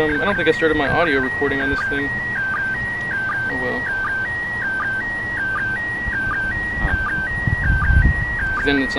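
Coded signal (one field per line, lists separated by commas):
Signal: SSTV (slow-scan television)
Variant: PD 180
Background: speech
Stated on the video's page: ISS slow scan TV transmission received in Raleigh, North Carolina, during the International Space Station SSTV event.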